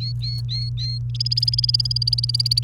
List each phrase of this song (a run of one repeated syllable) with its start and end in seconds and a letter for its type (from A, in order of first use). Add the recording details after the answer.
0.00-0.98 A, 1.15-2.63 B. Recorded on 28 April 2018 at 08:01. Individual llb3